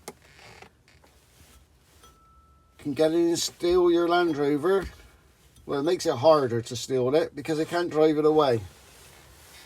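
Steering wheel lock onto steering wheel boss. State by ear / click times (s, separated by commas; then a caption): seated / 0.1 s. An Optimale anti-theft boss lock is pushed down over the steering wheel hub of a Land Rover Defender 90 and locks in place with a sharp metallic click at 0.1 s, a security upgrade meant to make the vehicle harder to steal because it can't be driven away. After a few faint knocks and a quiet pause, someone talks.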